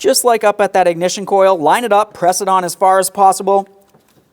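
Someone talks while lining up the grease-lubricated rubber boot of a new spark plug wire and pressing it as far as possible onto the spark plug terminal of a 2008-2016 Chrysler Town & Country 3.8L V6. The talk ends and leaves near silence with only a faint short sound. Nothing has seated or clicked yet.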